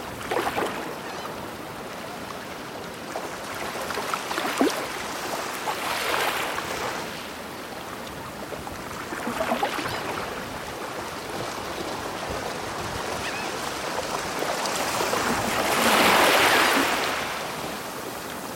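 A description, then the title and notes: Ocean waves wash in steadily, each swell rising to a bright hiss around 2, 6, 10 and 16 seconds over a constant low rumble. Sleepy Ocean Waves Sounds for Deep Sleeping.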